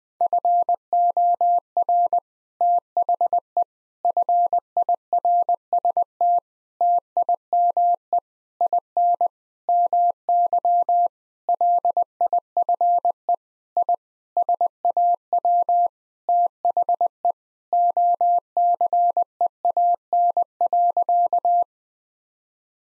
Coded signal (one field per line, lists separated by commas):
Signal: Morse code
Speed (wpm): 20 wpm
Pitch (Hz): 700 Hz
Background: none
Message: FOR THE FIRST TIME IN MY LIFE I SAW THE OCEAN.